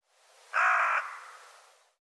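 Bird giving a single harsh, grating caw lasting about half a second, trailing off softly.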